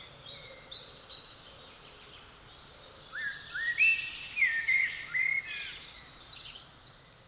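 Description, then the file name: Common blackbird song, rich whistled notes between three and six seconds, trailed by scratchy higher twittering. "Turdus merula"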